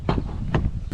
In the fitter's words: always, and like all batteries, until you hear the click.